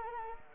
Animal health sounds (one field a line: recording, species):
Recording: mosquito wingbeat signal from an infrared sensor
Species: Anopheles arabiensis